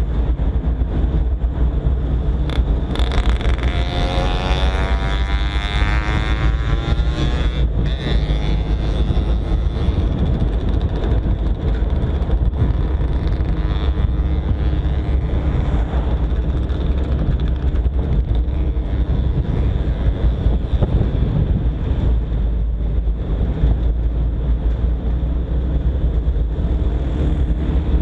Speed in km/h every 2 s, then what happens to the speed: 35, 36, 40, 43, 42, 41, 39, 38, 38, 34, 31, 34, 39, 40.
0-5 speeds up to 43. 5-16 steady at about 39. 16-20 slows to 31. 20-28 speeds up to 40.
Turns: none.